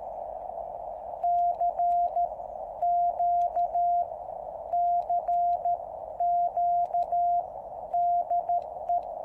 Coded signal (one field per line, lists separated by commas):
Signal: Morse code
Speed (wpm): 13 wpm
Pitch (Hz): 700 Hz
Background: radio noise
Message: CQ CQ DE